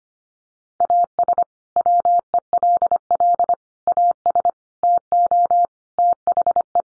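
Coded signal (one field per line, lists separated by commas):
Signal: Morse code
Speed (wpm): 25 wpm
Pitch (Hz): 700 Hz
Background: none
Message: AS WELL AS TO THE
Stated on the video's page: Morse word-group drill of five-word English n-grams at 25 wpm for head-copy practice.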